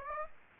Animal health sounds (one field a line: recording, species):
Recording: mosquito wingbeat signal from an infrared sensor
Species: Aedes aegypti